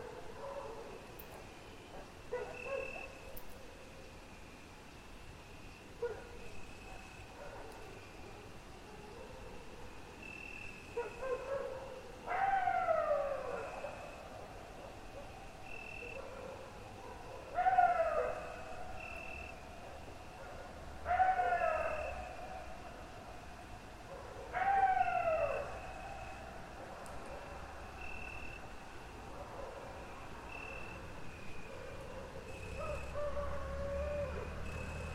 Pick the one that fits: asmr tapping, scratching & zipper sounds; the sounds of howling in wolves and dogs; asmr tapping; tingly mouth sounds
the sounds of howling in wolves and dogs